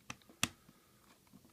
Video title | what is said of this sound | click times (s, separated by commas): Transformers 4 Leader Optimus Prime Review | and everything just snaps into place | 0.4 s